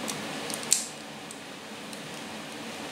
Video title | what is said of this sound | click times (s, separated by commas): TAMIYA REPSOL Honda RC213V Part 12 | ça devrait se clipser sans trop de difficulté j'espère ça vient là | 0.7 s